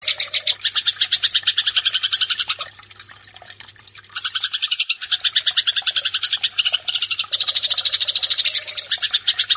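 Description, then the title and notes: Eurasian tree sparrow fighting call: two bursts of rapid scratchy chirping with a short quiet gap between them, over a faint low hum. Fighting call used as a master track for training birds. "MASTER GEREJA TARUNG. burung gereja"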